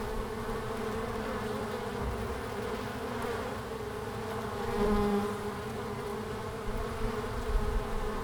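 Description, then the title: Honey bees buzzing in a steady droning hum, with single bees flying past, over a low rumbling background. Langel, Köln, Germany, in March at 20 °C during sunny hours; many bees flying out; recorder placed directly below the hive entrance hole; some bees briefly caught in the windshield fur. "Langel, Köln, Deutschland - Bienen im März. Bees in march"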